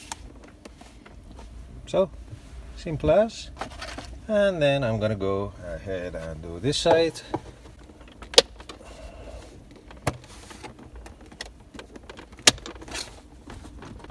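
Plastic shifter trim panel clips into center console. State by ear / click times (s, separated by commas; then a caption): seated / 8.4 s, 12.5 s. Someone talks while the plastic shifter surround trim on the other side of a Toyota RAV4 MK III is pressed back into the center console, with faint handling rustles in between. Its retaining clips snap home with two loud, sharp clicks at 8.4 s and 12.5 s, and the panel is seated, with every corner checked for gaps so it won't rattle on bumpy roads.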